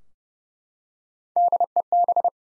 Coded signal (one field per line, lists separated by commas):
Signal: Morse code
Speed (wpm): 30 wpm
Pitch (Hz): 700 Hz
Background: none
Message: DEB